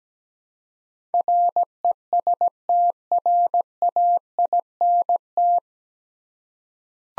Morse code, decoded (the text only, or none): RESTRAINT